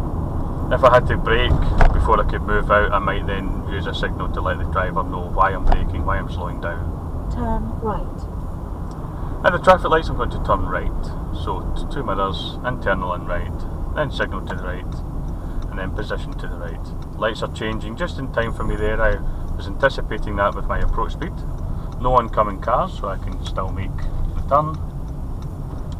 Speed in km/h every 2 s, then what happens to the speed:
34, 32, 29, 26, 26, 29, 27, 24, 21, 21, 23, 19, 18.
0-6 slows to 26. 6-11 steady at about 26. 11-16 slows to 21. 16-26 steady at about 21.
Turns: 22-26.